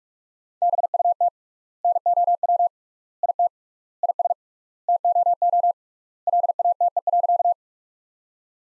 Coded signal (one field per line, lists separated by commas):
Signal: Morse code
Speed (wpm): 41 wpm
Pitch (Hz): 700 Hz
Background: none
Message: BUT NOW IT IS TOO LATE.